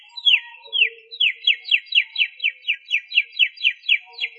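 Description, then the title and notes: Canary singing a steady series of bright, downward-swept notes, with faint lower tones in the background. "BM Suara Kenari. BM Suara Burung Kenari"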